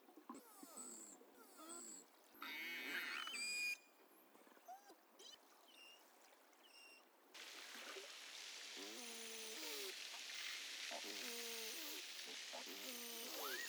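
Beluga whale calls, a mix of buzzy pulsed bursts, brief whistles and repeated wavering nasal notes, over a steady hiss that grows louder midway.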